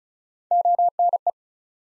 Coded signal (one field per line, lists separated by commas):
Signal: Morse code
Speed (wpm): 36 wpm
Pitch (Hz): 700 Hz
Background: none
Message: ONE